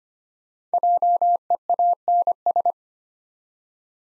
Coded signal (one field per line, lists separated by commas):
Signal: Morse code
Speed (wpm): 25 wpm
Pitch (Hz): 700 Hz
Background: none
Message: JEANS